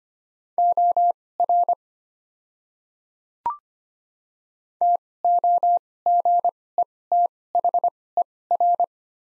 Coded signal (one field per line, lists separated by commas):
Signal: Morse code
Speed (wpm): 25 wpm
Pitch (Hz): 700 Hz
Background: none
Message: OR TOGETHER